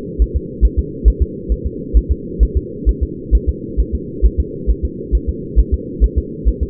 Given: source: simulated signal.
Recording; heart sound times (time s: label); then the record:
fetal heart sounds
0.22 s: S1
0.36 s: S2
0.65 s: S1
0.79 s: S2
1.08 s: S1
1.22 s: S2
1.52 s: S1
1.66 s: S2
1.97 s: S1
2.12 s: S2
2.43 s: S1
2.57 s: S2
2.89 s: S1
3.03 s: S2
3.35 s: S1
3.49 s: S2
3.80 s: S1
3.95 s: S2
4.26 s: S1
4.40 s: S2
4.70 s: S1
4.85 s: S2
5.15 s: S1
5.29 s: S2
5.59 s: S1
5.74 s: S2
6.04 s: S1
6.18 s: S2
6.48 s: S1
6.63 s: S2
From the record:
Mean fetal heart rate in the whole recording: 135 bpm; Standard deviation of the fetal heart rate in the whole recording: 3 bpm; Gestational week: 34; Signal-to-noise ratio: -4.1 dB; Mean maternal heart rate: no maternal heart sound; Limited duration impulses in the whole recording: absent